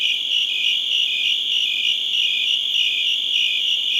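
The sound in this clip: Cricket chirping, bright and shrill, in quick throbbing bursts layered over a steady high drone.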